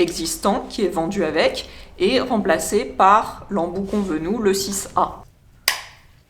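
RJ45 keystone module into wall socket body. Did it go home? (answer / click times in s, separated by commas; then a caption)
yes / 5.7 s. Someone talks while swapping the supplied insert of a basic wall socket for a Cat 6A RJ45 keystone. They then push the plastic module into the socket body, and a single sharp click is heard at 5.7 s as the keystone clips into the wall socket and seats.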